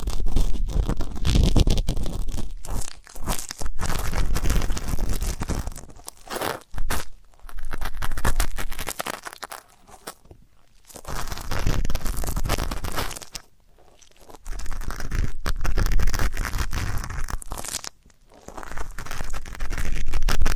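Ear canal and eardrum cleaning for ASMR, with dense, scratchy rustling and crackling that fills nearly the whole stretch. The sound comes in long bursts, broken by brief quiet pauses around 7, 10, 14 and 18 seconds, and carries a low rumbling thud underneath.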